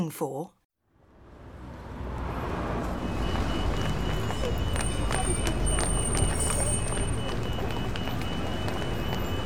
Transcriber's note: fx: beep of zebra crossing